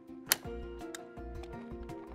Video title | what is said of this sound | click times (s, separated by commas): How to Assemble the Bouncer Seat on your Simple Sway™ 2-in-1 Swing | push down until you hear a click | 0.3 s